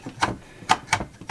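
A stick vacuum accessory is pushed onto its wall-mounted storage base and snaps into the base's plastic clip. After a soft knock near 0.2 s, two sharp plastic clicks come at 0.7 s and 0.9 s as the accessory seats in the clip.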